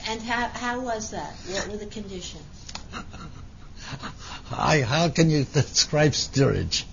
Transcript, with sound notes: And how was that? What were the conditions?
(he laughs) How can you describe steerage?